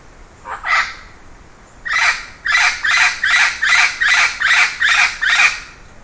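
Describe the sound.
Bird giving two rough calls, then a steady series of about nine raspy notes repeated at a quick, even pace.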